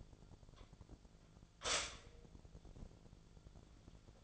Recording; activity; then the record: daily activity, microphone in the room; stop toaster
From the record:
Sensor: 5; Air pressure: 1000.3 hPa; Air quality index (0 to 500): 129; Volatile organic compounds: 2 ppm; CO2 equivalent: 1020 ppm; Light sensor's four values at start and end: 80/188/80/86 and 80/188/80/86